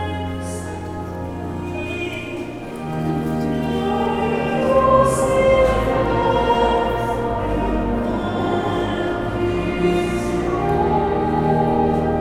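Inside the basilica in the evening, sustained low and mid tones hang in a reverberant space, stacking into a steady chord. The sound swells louder around three seconds and stays full, with brief soft hissy bursts roughly every five seconds.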